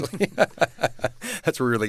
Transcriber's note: soundbite of laughter